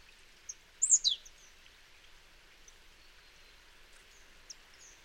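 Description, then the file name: Marsh tit call: a quick pair of high, sharp notes that sweep steeply downward, with a few faint short notes, over steady background noise. "Poecile palustris"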